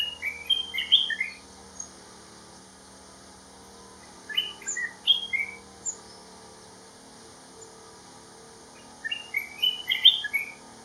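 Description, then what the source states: Olive-winged bulbul giving bubbly, liquid chattering notes in three quick bursts a few seconds apart, with a faint steady hum behind. Calls; Kledang Sayong Forest Reserve, Ipoh, Perak, Malaysia; 17 September 2018.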